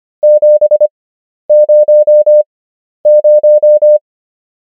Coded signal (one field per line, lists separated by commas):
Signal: Morse code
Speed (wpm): 25 wpm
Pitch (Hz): 600 Hz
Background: none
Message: 700